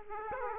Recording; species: mosquito wingbeat signal from an infrared sensor; Aedes aegypti